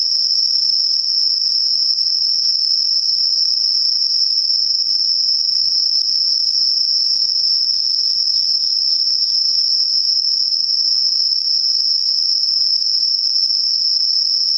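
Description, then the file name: Insect song, a steady, piercing, high trill sustained without a break, with no other clear sounds. Night-singing insects, recorded 12 September 2023. "yorunomushi 230912"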